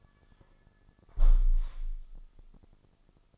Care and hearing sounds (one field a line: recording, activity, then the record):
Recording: daily activity, microphone in the room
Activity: close window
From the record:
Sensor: 5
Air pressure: 1004.6 hPa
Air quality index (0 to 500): 81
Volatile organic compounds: 1 ppm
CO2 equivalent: 969 ppm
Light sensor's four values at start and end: 34/80/32/31 and 34/79/32/31